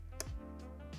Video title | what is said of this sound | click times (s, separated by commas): How to set up a PA - Easy Tutorial! | and then you twist it till it clicks | 0.2 s